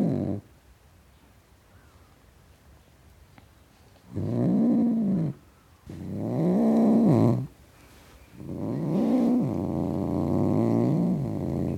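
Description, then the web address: Domestic cat growling in three long, low, wavering bursts, each rising and falling in pitch, separated by short silences. Tom cat growling. "BBC Cats Growling. tom cat growling"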